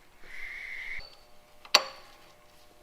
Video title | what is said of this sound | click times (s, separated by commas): **Running into a few problems while building Jeep XJ**--- Tim's Build Pt.1 | Locked into place. | 1.8 s